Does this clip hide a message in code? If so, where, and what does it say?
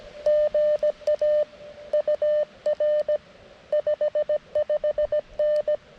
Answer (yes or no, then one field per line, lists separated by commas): yes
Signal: Morse code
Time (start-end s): 0.3-5.8 s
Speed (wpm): 17 wpm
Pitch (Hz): 600 Hz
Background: none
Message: GA UR 55N